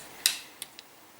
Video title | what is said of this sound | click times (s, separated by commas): Zblex French Reviews - Legendary Toys LT-02 | Donc là, ça se clipse. | 0.3 s